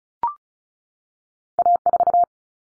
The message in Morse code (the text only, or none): A4